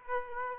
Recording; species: mosquito wingbeat signal from an infrared sensor; Aedes aegypti